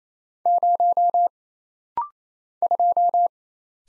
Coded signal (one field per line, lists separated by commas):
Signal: Morse code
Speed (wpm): 27 wpm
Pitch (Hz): 700 Hz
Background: none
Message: 0 2